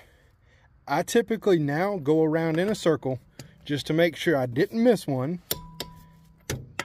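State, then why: Torque reached. Someone talks while going around a 2016 Toyota Camry wheel's lug nuts with a torque wrench after a brake pad replacement, checking that each one is at its set torque. Sharp metallic ticks and ratcheting sounds follow the speech, and the torque wrench gives its click on a lug nut at 6.8 s, confirming it is torqued.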